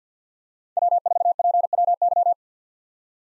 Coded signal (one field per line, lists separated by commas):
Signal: Morse code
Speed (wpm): 50 wpm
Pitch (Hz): 700 Hz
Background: none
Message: W4PWY